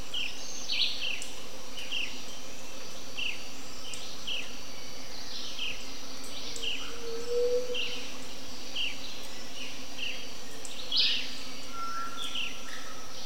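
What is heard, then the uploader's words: Morning insects hum steadily while a bird repeats short, bright chirps about once a second, with a few louder calls near the end. The morning insects give way to the morning dawn chorus of birds.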